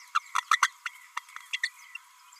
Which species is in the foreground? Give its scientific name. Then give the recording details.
Forpus passerinus. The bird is a female. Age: 32 days. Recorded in a nest box in Venezuela. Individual 17B32A5